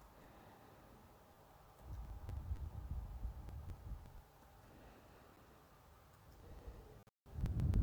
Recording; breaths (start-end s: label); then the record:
nose breathing near a microphone
0.00-1.65 s: inhalation
1.65-4.30 s: exhalation
4.30-6.04 s: inhalation
6.04-7.83 s: exhalation
From the record:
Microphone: phone